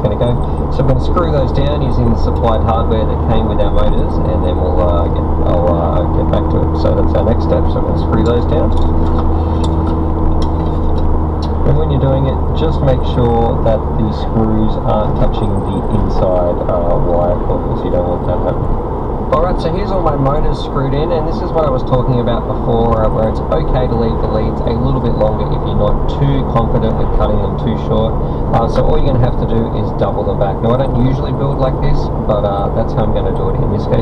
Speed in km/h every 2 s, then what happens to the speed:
72, 77, 77, 79, 79, 79, 72, 69, 69, 69, 66, 66, 66, 66, 69, 72, 69.
0-10 steady at about 77. 10-14 slows to 69. 14-34 steady at about 69.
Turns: 26-34.